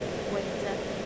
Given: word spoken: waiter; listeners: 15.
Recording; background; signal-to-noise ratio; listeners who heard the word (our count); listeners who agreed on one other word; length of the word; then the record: one English word in noise, from a listening test; speech-shaped noise; -4.9 dB; 3 of 15; 11 of 15; 0.66 s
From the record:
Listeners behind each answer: 11, 3, 1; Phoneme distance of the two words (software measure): 17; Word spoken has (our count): 2 syllables, 4 phonemes, stress on syllable 1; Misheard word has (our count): 2 syllables, 5 phonemes, stress on syllable 1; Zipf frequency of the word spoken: 3.66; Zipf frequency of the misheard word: 4.83